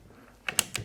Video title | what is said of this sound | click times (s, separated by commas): SSR249 Unboxing | and push until you hear a positive click, and | 0.6 s